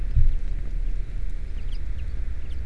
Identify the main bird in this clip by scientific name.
Fringilla coelebs